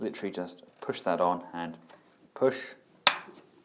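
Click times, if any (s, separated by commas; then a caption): 3.1 s. A replacement plastic crotch plate from an X2Toys XS001 upgrade kit is pushed onto the hip section of a Transformers Combiner Wars Devastator figure while someone talks. After a pause, a single sharp, loud click at 3.0 s shows the plate has seated.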